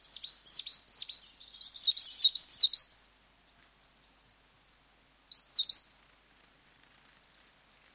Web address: Coal Tits, two pairs displaying to each other on territorial boundary